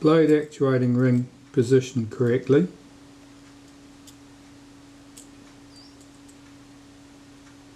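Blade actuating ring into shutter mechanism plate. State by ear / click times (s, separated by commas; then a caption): not seated / none. While servicing the leaf shutter of a Kodak Retina IIIc folding camera, someone positions the metal shutter blade actuating ring on the mechanism plate. Someone talks for the first few seconds, then there is a steady low hum with faint small ticks near 4.1 s and 5.2 s. The ring fails to seat, and nothing has seated or clicked yet.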